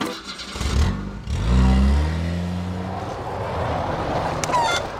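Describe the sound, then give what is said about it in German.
A car engine is started in Wulzendorf at 10:17 on a glaring Saturday in August; it cranks and catches, then revs up with a rising, harmonic growl before settling into a steady idle rumble. “Also hatten Suchanek und Susi an diesem gleißenden Samstag im August in Wulzendorf um 10.17 Uhr Susis Auto gestartet.”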